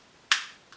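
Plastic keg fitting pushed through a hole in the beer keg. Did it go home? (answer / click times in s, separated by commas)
yes / 0.3 s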